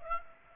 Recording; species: mosquito wingbeat signal from an infrared sensor; Aedes aegypti